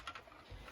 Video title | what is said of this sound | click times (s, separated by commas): Mystery Amazon Unboxing & Review ( PLUS CHANNEL UPDATE ) | and fold that back up, locks into place pretty nicely. | 0.1 s